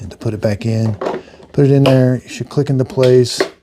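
Someone talks while handling the HEPA filter assembly of a Shark PowerDetect Clean & Empty Cordless Vacuum IP3251, putting it back into the auto-empty dock. Soft handling sounds sit under the speech. Nothing has seated or clicked into place yet.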